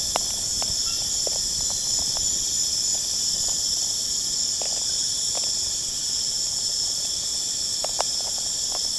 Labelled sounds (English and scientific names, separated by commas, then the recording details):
none
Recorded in pastures near Puerto Asís, Putumayo, Colombia, on 25 June 2025 at 21:00
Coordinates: 0.496, -76.326
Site GP01